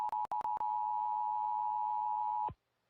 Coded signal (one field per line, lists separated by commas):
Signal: Emergency Alert System (SAME) tones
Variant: 853 and 960 Hz attention tone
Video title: EAS During Xavier Riddle (12-13-22 KERA-DT1) [2/2] (LAGGY)